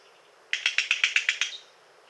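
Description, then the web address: Bird giving a single dry, harsh rattle of about eight evenly spaced notes lasting roughly one second. Bird in Costa Rican cloud forest; several call types including scolds, ending with contact calls given at the roost. "Natures Songs N America Birds of the Costa Rican Cloud Forest 61 Several call examples, including scolds, ends with contact calls at roost"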